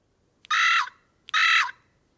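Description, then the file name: Carrion crow calling twice, harsh flat-toned caws with a rough edge, in quiet surroundings. "Corvus corone"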